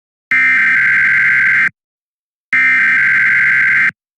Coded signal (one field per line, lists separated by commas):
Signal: Emergency Alert System (SAME) tones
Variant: header bursts